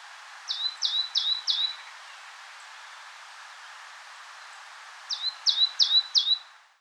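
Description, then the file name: Great tit singing two phrases of four rapid, ringing two-note units, each a sharp downward slide into a flat tone, with a long pause between them over constant hiss. "Parus major"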